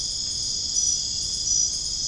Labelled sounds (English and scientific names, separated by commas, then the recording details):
none
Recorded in dense forest near Puerto Asís, Putumayo, Colombia, on 22 June 2025 at 23:30
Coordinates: 0.481, -76.323
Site G072